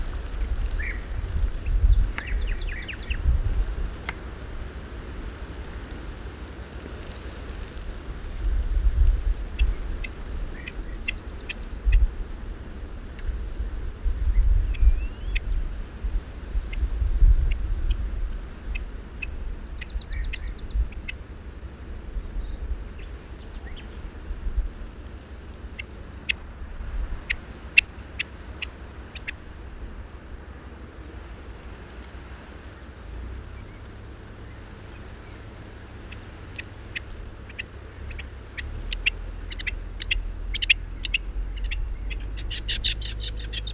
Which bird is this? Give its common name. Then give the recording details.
Rock Partridge. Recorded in the wild. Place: Melnik, Sofia, BG. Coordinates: 41.525, 23.392. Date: 1974-05-22. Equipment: Nagra III BH, Sennheiser MD 21, parabola. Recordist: Schubert, Michael. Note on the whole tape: Rufe Steinhuhn